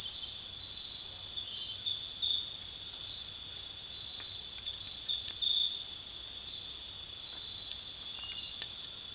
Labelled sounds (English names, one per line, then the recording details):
none
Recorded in dense forest near Puerto Asís, Putumayo, Colombia, on 29 June 2025 at 19:30
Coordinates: 0.466, -76.327
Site GP04